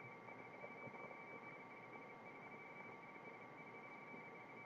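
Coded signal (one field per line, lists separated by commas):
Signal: RTTY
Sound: rapid warbling between two close high tones, continuous teletype chatter over hiss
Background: background hiss, faint hum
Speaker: I want to call a CQ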